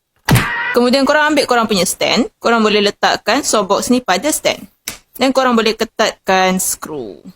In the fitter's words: Kau orang tarik saja sampai bunyi klik.